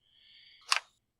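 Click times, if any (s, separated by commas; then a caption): 0.7 s. A blue plastic choke/throttle lever is pressed onto the carburetor linkage of a Husqvarna 460 chainsaw. A faint, thin high-pitched scraping is followed by a sharp plastic click at 0.7 s with a quick second tick right after, then silence. The lever only partly catches; it does not latch on well and will need replacing.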